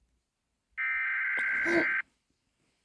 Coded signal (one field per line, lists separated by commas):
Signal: Emergency Alert System (SAME) tones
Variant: header bursts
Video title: Ranking eas alarms part 1